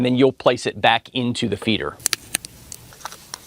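Someone talks while a camera module is placed back into its slot in the plastic housing of a Kiwibit Bird Feeder 2 smart bird feeder. After about 2 seconds, the talking gives way to light handling noises and a few sharp, brief taps and ticks near 2.1, 2.4, 2.7 and 3.3 seconds. The module is being handled but has not seated or clicked into place yet.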